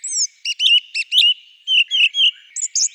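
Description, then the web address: Song thrush singing clear, varied whistled phrases: a short motif repeated twice, then slurred notes and higher squeaky notes, no other sounds. "Turdus philomelos"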